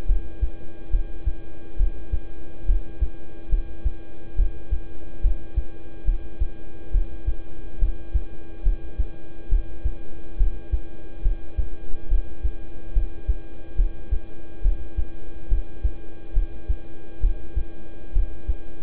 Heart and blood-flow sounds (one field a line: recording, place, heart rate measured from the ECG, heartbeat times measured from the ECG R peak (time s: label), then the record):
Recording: heart sounds by stethoscope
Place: between the tricuspid and mitral areas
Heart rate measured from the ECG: 70 bpm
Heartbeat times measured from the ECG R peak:
0.06 s: heartbeat
0.90 s: heartbeat
1.77 s: heartbeat
2.66 s: heartbeat
3.49 s: heartbeat
4.36 s: heartbeat
5.21 s: heartbeat
6.05 s: heartbeat
6.91 s: heartbeat
7.79 s: heartbeat
8.63 s: heartbeat
9.49 s: heartbeat
10.37 s: heartbeat
11.22 s: heartbeat
12.08 s: heartbeat
12.93 s: heartbeat
13.76 s: heartbeat
14.62 s: heartbeat
15.49 s: heartbeat
16.33 s: heartbeat
17.20 s: heartbeat
18.13 s: heartbeat
From the record:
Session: rest, lying down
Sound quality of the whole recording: good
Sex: male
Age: 26 years